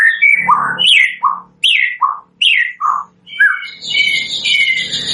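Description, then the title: White-rumped shama song: several rich descending whistled phrases, ending in a denser warbling jumble of high notes. Lure recording used for bird trapping; bird singing constantly (gacor). "PANCINGAN MURAI BATU GACOR"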